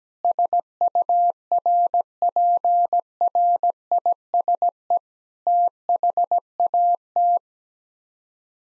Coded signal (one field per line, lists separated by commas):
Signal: Morse code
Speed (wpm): 17 wpm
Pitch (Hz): 700 Hz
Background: none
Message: SURPRISE THAT